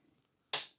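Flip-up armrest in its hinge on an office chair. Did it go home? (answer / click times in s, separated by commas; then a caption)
yes / 0.5 s. The flip-up plastic armrest of a tall drafting office chair is lifted in its hinge until it snaps and locks automatically in the raised position. After a near-silent start, a single sharp, bright snap lands at 0.5 s and fades out within about a quarter second. The armrest is seated and locked up.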